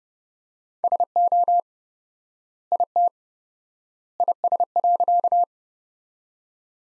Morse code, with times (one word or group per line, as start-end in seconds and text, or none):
0.8-1.6 SO
2.7-3.1 IT
4.2-5.4 IS.